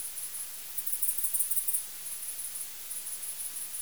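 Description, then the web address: Bat echolocation pulses in a rapid, steady train of high ticks, quickening into a dense burst near the middle, then settling back into evenly spaced pulses over a faint hiss. 20 August 2018, bat detector. "Bat Explorer recordings 20-08-2018"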